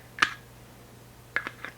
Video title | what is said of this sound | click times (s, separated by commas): Barbie Collector Doll ~Lord Of The Rings Legolas~ | So it doesn't really click into place now, does it? | none